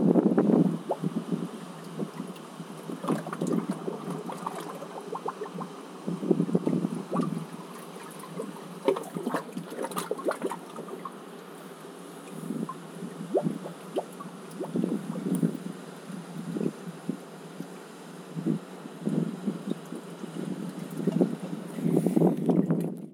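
Water laps against rocks inside a sea cave, sloshing in irregular surges every few seconds, with heavier splashes near the start, around six to ten seconds, and again at the end. A steady hollow hiss fills the gaps, and there is almost no deep rumble.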